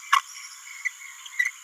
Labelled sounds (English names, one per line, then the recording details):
Green-rumped Parrotlet babbling
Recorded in a nest box in Venezuela
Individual 18B17A4